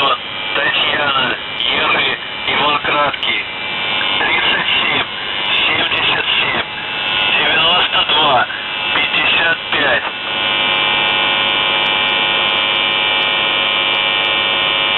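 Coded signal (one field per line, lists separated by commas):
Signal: numbers station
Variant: UVB-76, Russian voice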